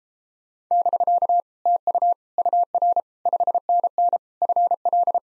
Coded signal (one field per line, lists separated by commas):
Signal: Morse code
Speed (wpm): 38 wpm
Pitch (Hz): 700 Hz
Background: none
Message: <BK> TU UR 5NN FL